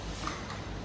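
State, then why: Seated. The oil filler cap with its dipstick is pushed back into the oil tank of a Harley-Davidson Iron 883 motorcycle and twisted tight until it locks. A single short click sounds at 0.3 s over a steady background, and the cap is locked home and set.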